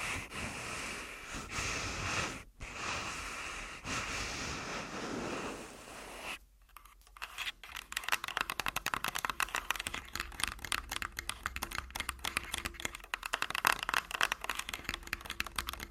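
Tapping and scratching: a steady scratchy rasp for six seconds, a brief pause, then rapid crisp taps like typing.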